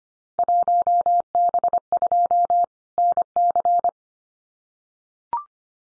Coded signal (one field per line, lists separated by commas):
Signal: Morse code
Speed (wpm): 25 wpm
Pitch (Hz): 700 Hz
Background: none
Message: 1B2 NC